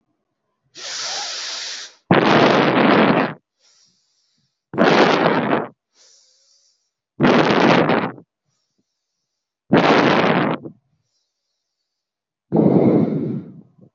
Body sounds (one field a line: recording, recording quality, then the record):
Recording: deep breathing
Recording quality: excellent, no background noise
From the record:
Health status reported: healthy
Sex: male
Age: 26 years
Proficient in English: yes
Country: India